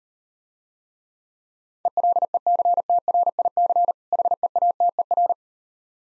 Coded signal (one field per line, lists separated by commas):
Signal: Morse code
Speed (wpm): 38 wpm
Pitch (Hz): 700 Hz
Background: none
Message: ELECTRIC HEATER